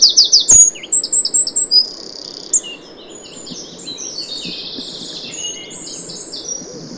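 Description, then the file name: Eurasian wren singing: a few loud, sharp opening notes, then a rapid, very high run of trills and chattering notes that carries on more faintly over steady low background rumble. "Troglodytes troglodytes"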